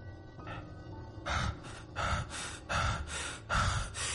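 heavy panting breaths

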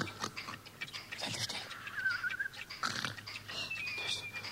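person snoring

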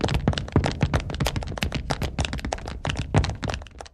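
running footsteps

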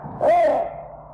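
raven croaking

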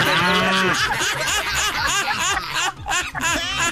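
cow mooing

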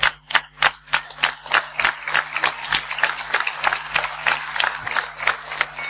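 audience applause

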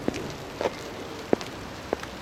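rain falling

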